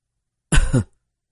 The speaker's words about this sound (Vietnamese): Miêu quân đứng bên nghe thấy câu này thì nhất thời ho khan một trận